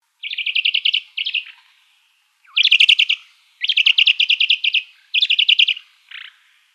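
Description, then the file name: Crissal thrasher calls as quick rattled bursts of harsh chattering notes, several series in close succession with short gaps, ending with a brief single note; no other sounds. Calls recorded in Arizona on 2 September 2002. "CRTH CALLS 020902. deviche"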